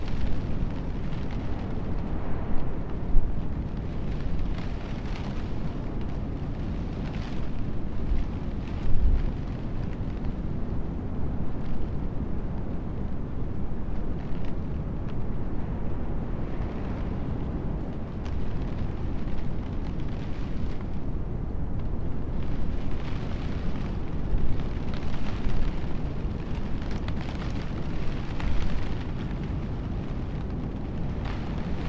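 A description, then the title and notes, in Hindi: A stormy night heard from inside a camper van by the sea: a dense, steady low roar of wind and surf fills the whole half-minute. Frequent brief gusts and thuds rise above it, a sharp knock near nine seconds, with hissing bursts coming and going. समुद्र के किनारे एक आरामदायक कैम्पर वैन में तूफानी रात. समुद्र के किनारे एक पुराने वीडब्ल्यू कैम्पर वैन की गर्मजोशी में बसे हुए. दूरस्थ महासागर की गर्जना एक निरंतर, ग्राउंडिंग थ्रम प्रदान करती है।. 3D बाइनौरल ऑडियो आपको घेर लेती है.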